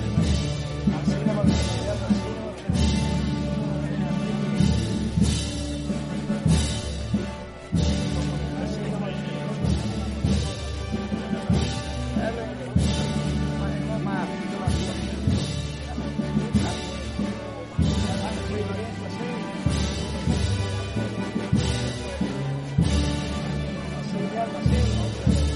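The procession of María Santísima de Salud y Esperanza passes through San Benito, filled with a dense, continuous wash of sound. Strong low sustained tones shift in blocks every few seconds over regular pulsing beats, with a murmur of voices mixed in throughout.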